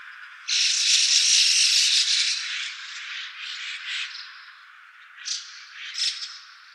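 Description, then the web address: White-cheeked starling giving harsh, grating calls: one long rasping burst of about two seconds that fades into weaker rasps, then two short squawks near the end. Recorded 26 January 2014. "birdenaga mukudori C 140126"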